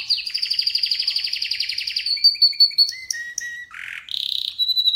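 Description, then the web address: Canary song: a long fast trilled roll of rapid repeated notes, then varied whistled phrases, a lower buzzy burst and a high rattling trill, all high-pitched. "Golchin Best Canari Seda Canari. Niyaz Music)"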